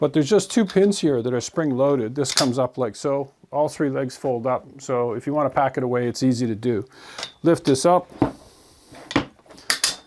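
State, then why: Seated. Someone talks while handling the folding leg lock on the base of a metal low roller camera stand, whose two spring-loaded pins let all three legs fold up. The lock is lifted and brought back down, and it snaps into place with a sharp metallic click at 9.7 s.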